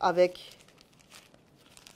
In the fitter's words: Et donc là, la poche est bien clipsée au niveau de la plaque.